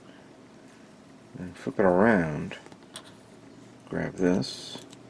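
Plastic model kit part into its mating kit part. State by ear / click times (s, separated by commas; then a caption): not seated / none. Someone talks while handling a plastic stick part from a Bandai HG Bracer Phoenix Set Metallic Ver model kit arm or leg, about to be pushed into its mating plastic kit part. Faint handling ticks are heard around 2.8 s and 3.0 s. The clip ends before the part goes home, so nothing has seated or clicked yet.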